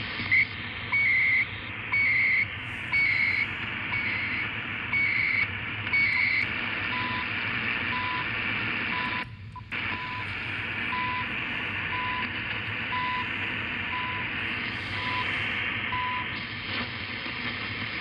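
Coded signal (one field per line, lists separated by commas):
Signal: radio time signal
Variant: CHU Canada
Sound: once-per-second ticks in static; first six seconds each followed by half-second warbling data burst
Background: radio static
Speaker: see if we can get Chu Canada 670. there it is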